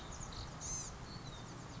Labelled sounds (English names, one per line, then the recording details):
Blue-gray Gnatcatcher
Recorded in Sonoma County, California